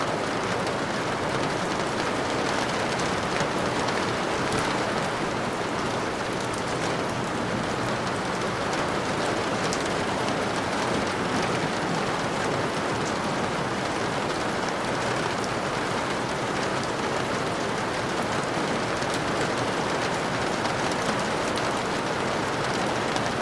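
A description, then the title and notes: Steady, dense rain patters against a window, an even hiss with countless fine taps and little change throughout. Rain window sound.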